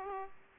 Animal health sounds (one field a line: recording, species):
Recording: mosquito wingbeat signal from an infrared sensor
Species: Aedes aegypti